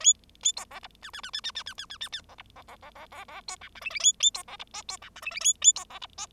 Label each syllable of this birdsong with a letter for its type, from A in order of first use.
A A B C D E E E E E E E E E E E C D C C C C C C B F G H H A A B C D I B F G H H A A B C D I